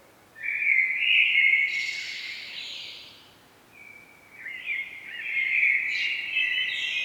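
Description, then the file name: Common blackbird song: a rich warbled phrase rising into a squeaky high twitter, a short gap, then another fluted phrase ending in thin high notes. "Turdus merula"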